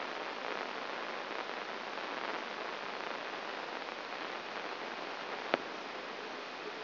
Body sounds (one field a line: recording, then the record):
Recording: brain microelectrode recording played as sound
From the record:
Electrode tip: inside the subthalamic nucleus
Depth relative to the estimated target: 1 mm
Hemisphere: right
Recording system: AlphaMap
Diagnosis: Parkinson's disease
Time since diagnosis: 19 years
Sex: male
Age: 59 years